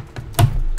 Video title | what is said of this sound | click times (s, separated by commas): Enter the mine EP 9. The build!! | yeah it's like a manly clicks like pop BAM | 0.4 s